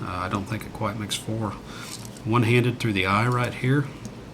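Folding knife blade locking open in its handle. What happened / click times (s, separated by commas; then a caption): Handled, no lock click yet / none. Someone talks while handling a folding knife with a blade a little over 3 inches long, which opens one-handed through the hole in the blade and has a metal liner lock. Nothing has seated or clicked yet; the blade has not locked open in its handle.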